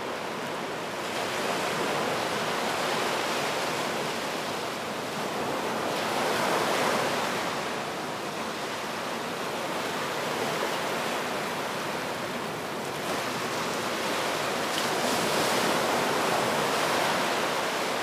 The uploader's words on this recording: The ocean just before sunset/サンセット間際の、海. もうすぐ落ちてしまうオレンジの夕日と、まだ残るブルーの空とのコントラストが素晴らしい。